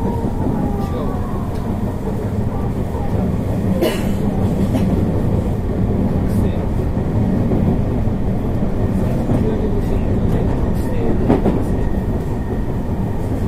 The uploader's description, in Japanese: 221系電車の走行音